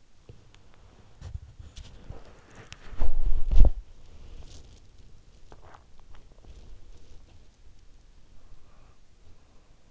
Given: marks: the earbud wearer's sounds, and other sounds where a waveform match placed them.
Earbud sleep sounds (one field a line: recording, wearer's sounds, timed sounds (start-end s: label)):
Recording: sounds in sleep by an in-ear microphone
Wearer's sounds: body movement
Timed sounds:
0.00-9.83 s: body movement